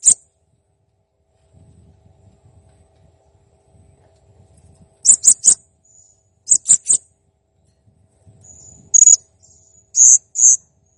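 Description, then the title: Blue-crowned hanging parrot uttering very high, sharp squeaks in quick clusters of two or three, with a faint low rumble between them. Master recording used for training cage birds, described as clear and chatty (gacor). "Masteran Burung Serindit Ll Masteran Serindit Gacor Jernih"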